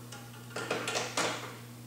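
The metal or plastic tabs of the power unit base of a Droll Yankees Yankee Flipper bird feeder are inserted into the holes on the bottom of the port and lined up before the base is twisted clockwise to lock. Soft knocks and scrapes of handling come at about 0.1, 0.6, 0.7, 0.9 and 1.2 seconds over a steady low hum. Nothing has clicked or locked yet.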